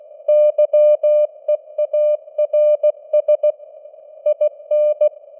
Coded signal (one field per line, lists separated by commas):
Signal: Morse code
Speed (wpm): 16 wpm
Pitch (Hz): 600 Hz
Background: none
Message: YEARS IN